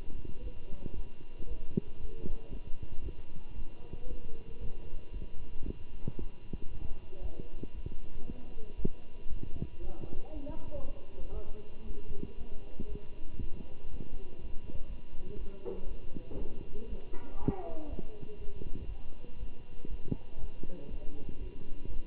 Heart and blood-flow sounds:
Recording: heart sounds by stethoscope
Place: between the tricuspid and mitral areas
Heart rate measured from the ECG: 117 bpm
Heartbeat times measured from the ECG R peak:
0.42 s: heartbeat
0.94 s: heartbeat
1.46 s: heartbeat
1.98 s: heartbeat
2.50 s: heartbeat
3.02 s: heartbeat
3.54 s: heartbeat
4.07 s: heartbeat
4.59 s: heartbeat
5.11 s: heartbeat
5.64 s: heartbeat
6.17 s: heartbeat
6.69 s: heartbeat
7.21 s: heartbeat
7.73 s: heartbeat
8.25 s: heartbeat
8.77 s: heartbeat
9.28 s: heartbeat
9.79 s: heartbeat
10.31 s: heartbeat
10.82 s: heartbeat
11.33 s: heartbeat
11.84 s: heartbeat
12.36 s: heartbeat
12.87 s: heartbeat
13.38 s: heartbeat
13.89 s: heartbeat
14.39 s: heartbeat
14.88 s: heartbeat
15.38 s: heartbeat
15.87 s: heartbeat
16.37 s: heartbeat
16.87 s: heartbeat
17.38 s: heartbeat
17.88 s: heartbeat
18.38 s: heartbeat
18.88 s: heartbeat
19.38 s: heartbeat
19.89 s: heartbeat
20.39 s: heartbeat
20.89 s: heartbeat
21.39 s: heartbeat
21.88 s: heartbeat
From the record:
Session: Bruce protocol treadmill stress test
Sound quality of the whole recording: good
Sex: male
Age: 23 years

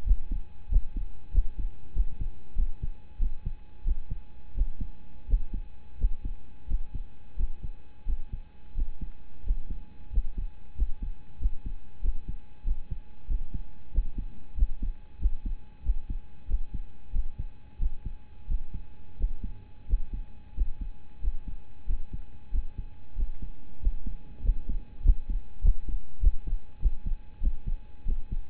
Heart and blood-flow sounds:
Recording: heart sounds by stethoscope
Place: between the tricuspid and mitral areas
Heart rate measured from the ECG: 92 bpm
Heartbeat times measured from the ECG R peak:
0.04 s: heartbeat
0.69 s: heartbeat
1.31 s: heartbeat
1.93 s: heartbeat
2.55 s: heartbeat
3.18 s: heartbeat
3.84 s: heartbeat
4.54 s: heartbeat
5.26 s: heartbeat
5.97 s: heartbeat
6.67 s: heartbeat
7.36 s: heartbeat
8.05 s: heartbeat
8.74 s: heartbeat
9.43 s: heartbeat
10.10 s: heartbeat
10.75 s: heartbeat
11.38 s: heartbeat
12.01 s: heartbeat
12.64 s: heartbeat
13.27 s: heartbeat
13.91 s: heartbeat
14.55 s: heartbeat
15.18 s: heartbeat
15.83 s: heartbeat
16.47 s: heartbeat
17.12 s: heartbeat
17.78 s: heartbeat
18.47 s: heartbeat
19.16 s: heartbeat
19.86 s: heartbeat
20.54 s: heartbeat
21.20 s: heartbeat
21.86 s: heartbeat
22.51 s: heartbeat
23.15 s: heartbeat
23.79 s: heartbeat
24.42 s: heartbeat
25.02 s: heartbeat
25.61 s: heartbeat
26.20 s: heartbeat
26.79 s: heartbeat
27.40 s: heartbeat
28.05 s: heartbeat
From the record:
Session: rest, lying down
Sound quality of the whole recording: partially saturated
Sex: male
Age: 25 years

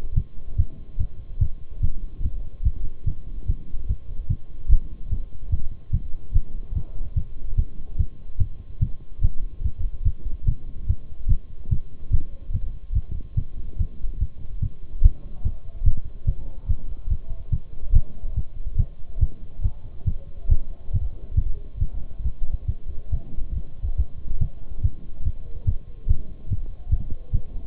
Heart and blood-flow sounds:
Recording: heart sounds by stethoscope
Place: between the tricuspid and mitral areas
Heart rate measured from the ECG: 144 bpm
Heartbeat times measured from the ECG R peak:
0.16 s: heartbeat
0.58 s: heartbeat
1.00 s: heartbeat
1.41 s: heartbeat
1.83 s: heartbeat
2.24 s: heartbeat
2.65 s: heartbeat
3.07 s: heartbeat
3.48 s: heartbeat
3.89 s: heartbeat
4.30 s: heartbeat
4.71 s: heartbeat
5.11 s: heartbeat
5.52 s: heartbeat
5.93 s: heartbeat
6.35 s: heartbeat
6.76 s: heartbeat
7.17 s: heartbeat
7.58 s: heartbeat
7.99 s: heartbeat
8.40 s: heartbeat
8.81 s: heartbeat
9.23 s: heartbeat
9.64 s: heartbeat
10.06 s: heartbeat
10.47 s: heartbeat
10.89 s: heartbeat
11.30 s: heartbeat
11.71 s: heartbeat
12.13 s: heartbeat
12.54 s: heartbeat
12.95 s: heartbeat
13.37 s: heartbeat
13.80 s: heartbeat
14.21 s: heartbeat
14.63 s: heartbeat
15.04 s: heartbeat
15.45 s: heartbeat
15.86 s: heartbeat
16.27 s: heartbeat
16.69 s: heartbeat
17.11 s: heartbeat
17.53 s: heartbeat
17.95 s: heartbeat
18.37 s: heartbeat
18.79 s: heartbeat
19.22 s: heartbeat
19.64 s: heartbeat
20.07 s: heartbeat
20.51 s: heartbeat
20.93 s: heartbeat
21.37 s: heartbeat
21.81 s: heartbeat
22.25 s: heartbeat
22.69 s: heartbeat
23.13 s: heartbeat
23.56 s: heartbeat
23.99 s: heartbeat
24.41 s: heartbeat
24.84 s: heartbeat
25.25 s: heartbeat
25.67 s: heartbeat
26.09 s: heartbeat
26.50 s: heartbeat
26.92 s: heartbeat
27.34 s: heartbeat
From the record:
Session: Bruce protocol treadmill stress test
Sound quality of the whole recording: partially saturated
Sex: male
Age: 23 years

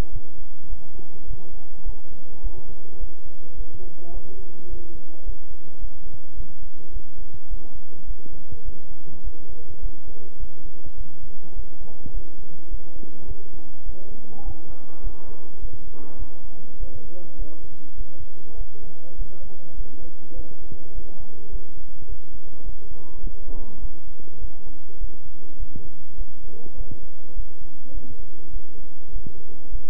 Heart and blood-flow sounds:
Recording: heart sounds by stethoscope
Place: between the tricuspid and mitral areas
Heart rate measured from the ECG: 103 bpm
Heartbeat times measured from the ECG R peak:
0.10 s: heartbeat
0.68 s: heartbeat
1.26 s: heartbeat
1.83 s: heartbeat
2.41 s: heartbeat
2.98 s: heartbeat
3.55 s: heartbeat
4.12 s: heartbeat
4.68 s: heartbeat
5.24 s: heartbeat
5.79 s: heartbeat
6.35 s: heartbeat
6.91 s: heartbeat
7.48 s: heartbeat
8.05 s: heartbeat
8.63 s: heartbeat
9.22 s: heartbeat
9.80 s: heartbeat
10.38 s: heartbeat
10.96 s: heartbeat
11.54 s: heartbeat
12.12 s: heartbeat
12.69 s: heartbeat
13.26 s: heartbeat
13.84 s: heartbeat
14.43 s: heartbeat
15.01 s: heartbeat
15.60 s: heartbeat
16.17 s: heartbeat
16.78 s: heartbeat
17.36 s: heartbeat
17.96 s: heartbeat
18.56 s: heartbeat
19.16 s: heartbeat
19.75 s: heartbeat
20.34 s: heartbeat
20.93 s: heartbeat
21.50 s: heartbeat
22.07 s: heartbeat
22.64 s: heartbeat
23.21 s: heartbeat
23.80 s: heartbeat
24.39 s: heartbeat
24.98 s: heartbeat
25.57 s: heartbeat
26.16 s: heartbeat
26.75 s: heartbeat
27.34 s: heartbeat
27.92 s: heartbeat
28.51 s: heartbeat
29.11 s: heartbeat
29.70 s: heartbeat
From the record:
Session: bicycle stress test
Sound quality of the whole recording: good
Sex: male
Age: 26 years

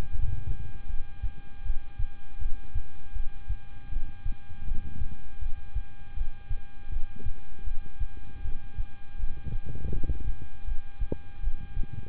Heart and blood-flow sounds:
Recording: heart sounds by stethoscope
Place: between the tricuspid and mitral areas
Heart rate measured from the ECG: 80 bpm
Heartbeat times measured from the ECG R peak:
0.12 s: heartbeat
0.87 s: heartbeat
1.63 s: heartbeat
2.39 s: heartbeat
3.13 s: heartbeat
3.90 s: heartbeat
4.65 s: heartbeat
5.39 s: heartbeat
6.15 s: heartbeat
6.90 s: heartbeat
7.64 s: heartbeat
8.42 s: heartbeat
9.17 s: heartbeat
9.91 s: heartbeat
10.65 s: heartbeat
11.41 s: heartbeat
From the record:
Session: rest, lying down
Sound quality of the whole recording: good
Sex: male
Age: 26 years

